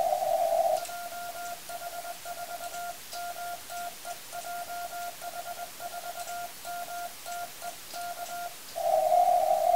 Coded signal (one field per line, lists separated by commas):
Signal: Morse code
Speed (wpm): 20 wpm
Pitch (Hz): 1400 Hz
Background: radio noise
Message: JH4MTE JH4MTE K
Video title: 28Mhz CW QSO 地中海の国キプロス アマチュア無線 JH4MTE